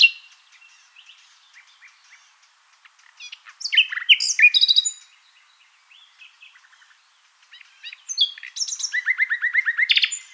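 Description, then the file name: Common nightingale song: a quiet, scattered lead-in, then a loud strophe of sharp varied notes, a pause, and a phrase ending in a rapid series of repeated, pulsing notes. "Luscinia megarhynchos"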